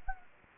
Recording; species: mosquito wingbeat signal from an infrared sensor; Anopheles gambiae